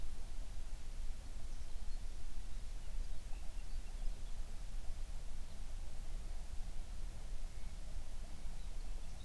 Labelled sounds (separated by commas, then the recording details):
songbird
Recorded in the Prudhoe Bay oil fields, Alaska, on 11 June 2019 at 04:58
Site 21